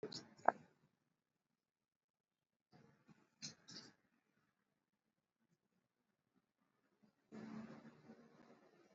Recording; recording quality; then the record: deep breathing; poor, much background noise or distortion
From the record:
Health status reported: exposed to COVID-19, no respiratory illness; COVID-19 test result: not tested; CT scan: not taken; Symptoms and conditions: none ticked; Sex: male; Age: 31 years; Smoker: yes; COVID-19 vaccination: both doses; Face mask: worn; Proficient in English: yes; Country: India